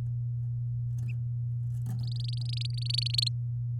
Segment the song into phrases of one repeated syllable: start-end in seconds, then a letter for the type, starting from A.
2.03-3.28 A